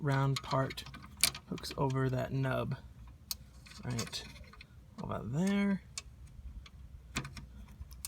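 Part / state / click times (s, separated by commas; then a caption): seat riser release cable end into the middle-row seat folding mechanism / not seated / none. A replacement seat riser release cable for the middle-row seat folding mechanism of a 2010–2018 Dodge Grand Caravan is handled, and its round end is hooked over a nub while someone talks. Short, sharp ticks and light mechanical taps follow, the loudest near 3.3, 6.0, 7.2 and 8.1 seconds. The cable end has not yet clicked into the mechanism, and nothing has seated.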